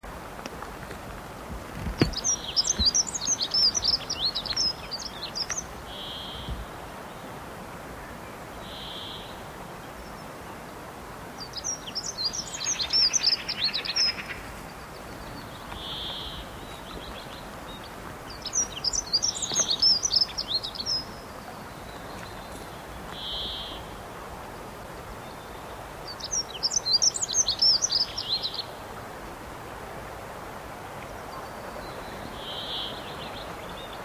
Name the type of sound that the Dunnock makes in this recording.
song